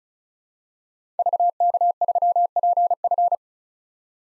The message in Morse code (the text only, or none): VK3PF